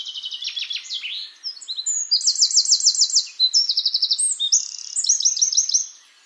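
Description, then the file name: Eurasian wren singing continuously for six seconds, a dense string of shrill notes and fast metallic trills, changing trill type every second or so. "Troglodytes troglodytes"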